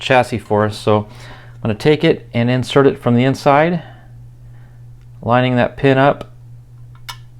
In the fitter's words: there you can kind of snapped into place